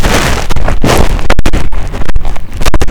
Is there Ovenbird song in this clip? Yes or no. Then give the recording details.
no. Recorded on 25 June 2016 at 15:28. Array SBT-6-76